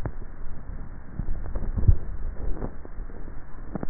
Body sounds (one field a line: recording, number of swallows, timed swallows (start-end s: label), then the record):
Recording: swallowing sounds by neck microphone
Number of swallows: 1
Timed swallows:
1.55-2.75 s: swallow
From the record:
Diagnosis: dysphagia